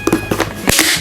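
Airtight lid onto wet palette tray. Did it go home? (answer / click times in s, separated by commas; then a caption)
yes / 0.1 s, 0.4 s, 0.7 s. An airtight plastic lid is clipped shut onto a wet palette tray. Sharp snaps ring out at 0.1, 0.1, 0.4 and 0.7 seconds as the clips lock, with the loudest at 0.7 seconds. The lid seats and the palette is sealed airtight.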